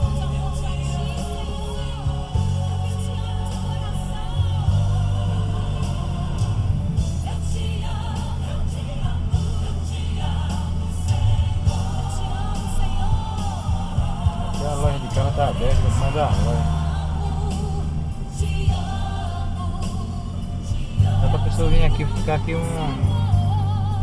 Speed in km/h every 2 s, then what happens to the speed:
8, 14, 18, 20, 20, 20, 18, 21, 22, 22, 22, 23.
0-6 speeds up to 20. 6-24 steady at about 21.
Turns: none.